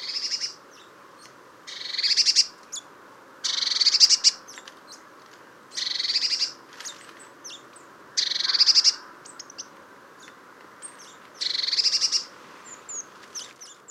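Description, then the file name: Eurasian blue tit giving harsh, buzzy churring bursts of about a second, repeated roughly every two to three seconds, with scattered thin high notes between them. "Cyanistes caeruleus"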